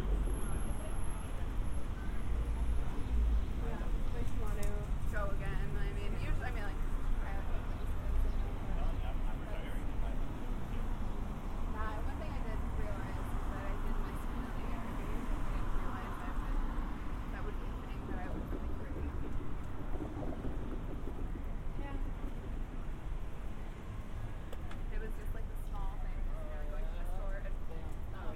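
A binaural walk through San Diego streets, with a steady low rumble of traffic filling the whole stretch. Voices chatter throughout, overlapping and fairly dense, while occasional brief clatters and a high whine near the start sit over the constant hum.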